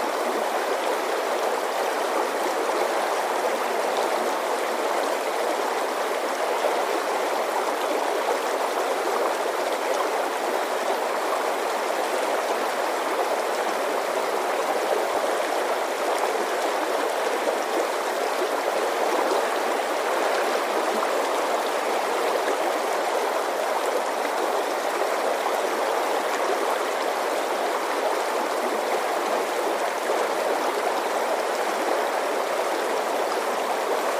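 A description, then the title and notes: Water runs in a steady, dense rush, like a stream flowing over stones, with no pauses or changes across the whole stretch. The sound is bright and hissing, with almost no low rumble, and it stays even in loudness throughout. Calming Water Sounds.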